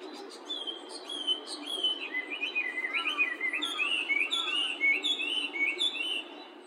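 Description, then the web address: Bird calls: a busy run of clear whistled notes sliding up and down, with sharper, higher chirps overlapping, over a steady low background hum. "yacho koe"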